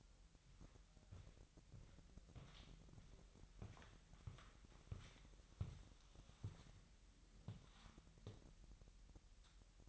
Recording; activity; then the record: daily activity, microphone in the room; walk to room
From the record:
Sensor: 3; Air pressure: 1002.0 hPa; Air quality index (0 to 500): 247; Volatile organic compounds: 49 ppm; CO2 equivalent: 3283 ppm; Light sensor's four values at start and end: 9/22/9/9 and 9/21/8/8